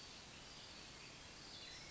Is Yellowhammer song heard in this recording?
no